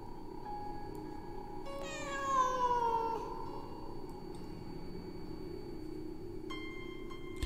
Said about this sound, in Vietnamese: Tay xách cổ nó không thương tiếc, tống khứ cái con mèo điên ra ngoài cửa sổ, đóng sầm lại. Ở bên ngoài vẫn vang lên tiếng con mèo kêu lên thảm thiết lắm.